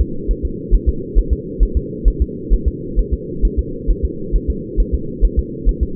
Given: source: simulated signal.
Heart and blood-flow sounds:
fetal heart sounds
0.01 s: S2
0.31 s: S1
0.45 s: S2
0.75 s: S1
0.89 s: S2
1.18 s: S1
1.33 s: S2
1.63 s: S1
1.77 s: S2
2.08 s: S1
2.22 s: S2
2.53 s: S1
2.68 s: S2
2.99 s: S1
3.13 s: S2
3.45 s: S1
3.59 s: S2
3.91 s: S1
4.05 s: S2
4.35 s: S1
4.50 s: S2
4.80 s: S1
4.94 s: S2
5.25 s: S1
5.39 s: S2
5.69 s: S1
5.83 s: S2
From the record:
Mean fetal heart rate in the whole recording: 135 bpm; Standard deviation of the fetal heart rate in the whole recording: 3 bpm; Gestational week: 36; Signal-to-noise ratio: -4.3 dB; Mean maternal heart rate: 72 bpm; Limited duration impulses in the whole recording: present

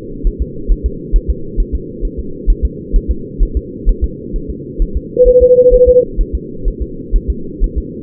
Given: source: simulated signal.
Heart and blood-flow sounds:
fetal heart sounds
0.27 s: S1
0.42 s: S2
0.72 s: S1
0.86 s: S2
1.16 s: S1
1.30 s: S2
1.60 s: S1
1.75 s: S2
2.05 s: S1
2.19 s: S2
2.50 s: S1
2.65 s: S2
2.96 s: S1
3.11 s: S2
3.43 s: S1
3.57 s: S2
3.89 s: S1
4.04 s: S2
4.36 s: S1
4.50 s: S2
4.82 s: S1
4.97 s: S2
5.28 s: S1
5.43 s: S2
5.74 s: S1
5.89 s: S2
6.21 s: S1
6.35 s: S2
6.68 s: S1
6.82 s: S2
7.16 s: S1
7.30 s: S2
7.64 s: S1
7.78 s: S2
From the record:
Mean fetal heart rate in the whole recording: 130 bpm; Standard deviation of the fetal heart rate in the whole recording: 4 bpm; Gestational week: 38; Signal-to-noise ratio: -4.3 dB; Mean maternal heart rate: 72 bpm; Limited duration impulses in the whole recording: present

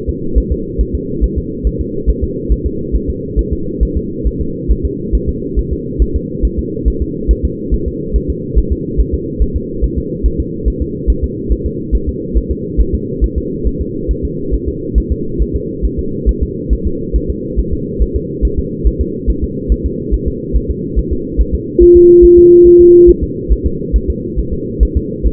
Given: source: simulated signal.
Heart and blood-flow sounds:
fetal heart sounds
0.09 s: S2
0.38 s: S1
0.52 s: S2
0.81 s: S1
0.95 s: S2
1.24 s: S1
1.38 s: S2
1.67 s: S1
1.81 s: S2
2.10 s: S1
2.24 s: S2
2.52 s: S1
2.66 s: S2
2.96 s: S1
3.10 s: S2
3.39 s: S1
3.53 s: S2
3.83 s: S1
3.97 s: S2
4.27 s: S1
4.41 s: S2
4.71 s: S1
4.85 s: S2
5.15 s: S1
5.29 s: S2
5.59 s: S1
5.73 s: S2
6.02 s: S1
6.16 s: S2
6.45 s: S1
6.59 s: S2
6.88 s: S1
7.02 s: S2
7.31 s: S1
7.45 s: S2
7.74 s: S1
7.88 s: S2
8.16 s: S1
8.30 s: S2
8.58 s: S1
8.72 s: S2
9.00 s: S1
9.14 s: S2
9.42 s: S1
9.56 s: S2
9.84 s: S1
9.98 s: S2
10.26 s: S1
10.40 s: S2
10.68 s: S1
10.82 s: S2
11.10 s: S1
11.24 s: S2
11.52 s: S1
11.66 s: S2
11.95 s: S1
12.09 s: S2
12.37 s: S1
12.51 s: S2
12.80 s: S1
12.95 s: S2
13.24 s: S1
13.38 s: S2
13.67 s: S1
13.81 s: S2
14.11 s: S1
14.25 s: S2
14.54 s: S1
14.69 s: S2
14.98 s: S1
15.12 s: S2
15.42 s: S1
15.56 s: S2
15.85 s: S1
15.99 s: S2
16.29 s: S1
16.43 s: S2
16.73 s: S1
16.87 s: S2
17.16 s: S1
17.30 s: S2
17.59 s: S1
17.74 s: S2
18.02 s: S1
18.16 s: S2
18.45 s: S1
18.59 s: S2
18.87 s: S1
19.01 s: S2
19.30 s: S1
19.44 s: S2
19.72 s: S1
19.86 s: S2
20.14 s: S1
20.28 s: S2
20.56 s: S1
20.70 s: S2
20.99 s: S1
21.13 s: S2
21.41 s: S1
21.55 s: S2
21.83 s: S1
21.97 s: S2
22.25 s: S1
22.39 s: S2
22.67 s: S1
22.81 s: S2
23.09 s: S1
23.24 s: S2
23.52 s: S1
23.66 s: S2
23.96 s: S1
24.10 s: S2
24.39 s: S1
24.53 s: S2
24.83 s: S1
24.97 s: S2
25.26 s: S1
From the record:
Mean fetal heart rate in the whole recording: 140 bpm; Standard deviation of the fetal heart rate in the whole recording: 2 bpm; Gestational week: 34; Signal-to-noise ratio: -6.6 dB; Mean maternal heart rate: 72 bpm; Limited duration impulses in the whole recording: present

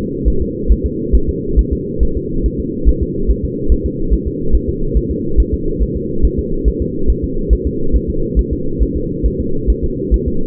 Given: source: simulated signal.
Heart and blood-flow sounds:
fetal heart sounds
0.28 s: S1
0.42 s: S2
0.72 s: S1
0.86 s: S2
1.15 s: S1
1.29 s: S2
1.59 s: S1
1.73 s: S2
2.03 s: S1
2.17 s: S2
2.46 s: S1
2.60 s: S2
2.89 s: S1
3.03 s: S2
3.31 s: S1
3.45 s: S2
3.72 s: S1
3.86 s: S2
4.13 s: S1
4.28 s: S2
4.55 s: S1
4.69 s: S2
4.97 s: S1
5.11 s: S2
5.40 s: S1
5.54 s: S2
5.83 s: S1
5.97 s: S2
6.25 s: S1
6.39 s: S2
6.68 s: S1
6.82 s: S2
7.10 s: S1
7.24 s: S2
7.53 s: S1
7.67 s: S2
7.96 s: S1
8.10 s: S2
8.39 s: S1
8.53 s: S2
8.82 s: S1
8.97 s: S2
9.26 s: S1
9.40 s: S2
9.70 s: S1
9.84 s: S2
10.14 s: S1
10.28 s: S2
From the record:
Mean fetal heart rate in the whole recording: 140 bpm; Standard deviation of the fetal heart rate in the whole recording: 2 bpm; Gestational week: 34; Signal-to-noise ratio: -8.1 dB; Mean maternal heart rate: 72 bpm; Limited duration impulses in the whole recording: absent

